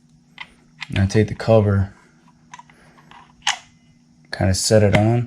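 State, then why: Not seated. Someone talks while setting the metal oil filter cover over the filter spring and O-ring on the engine case of a 2022 Honda Grom motorcycle, with a few faint taps and a sharper knock of handling at about 3.5 s. The cover is only being set on and has not clicked into place yet; it keeps pushing back off until the bolts are started.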